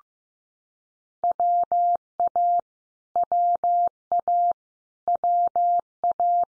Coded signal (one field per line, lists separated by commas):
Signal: Morse code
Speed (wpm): 15 wpm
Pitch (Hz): 700 Hz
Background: none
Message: WA WA WA